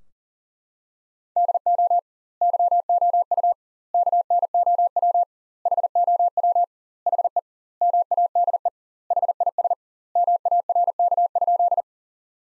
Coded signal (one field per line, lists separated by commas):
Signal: Morse code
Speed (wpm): 40 wpm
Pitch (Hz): 700 Hz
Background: none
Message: DO YOU KNOW HOW HE MADE HIS MARK?